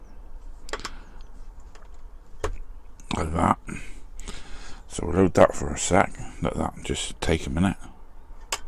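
A small part is handled and loaded into the body of a restored die-cast Corgi 490 VW Breakdown Truck during reassembly, with scattered light handling taps and clicks while someone talks. The part has not yet seated or clicked into place.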